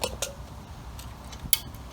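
A torque wrench tightens the ball joint nut on the front suspension of a 1936 Chevy Coupe fitted with Crown Vic independent front suspension. After a few faint metallic ticks near 0.0 s and 1.0 s, the wrench gives a sharp click at 1.5 s. That click confirms the nut has reached the wrench's torque setting and the job is done.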